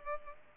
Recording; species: mosquito wingbeat signal from an infrared sensor; Culex pipiens